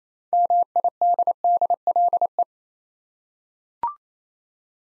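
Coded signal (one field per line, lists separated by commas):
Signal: Morse code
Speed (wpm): 28 wpm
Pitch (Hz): 700 Hz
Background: none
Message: MIDDLE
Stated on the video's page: Morse practice: six-letter words sent at 28 wpm, each word sent twice; other speeds from 15 to 25 wpm also offered.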